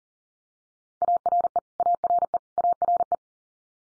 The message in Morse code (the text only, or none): ARE ARE ARE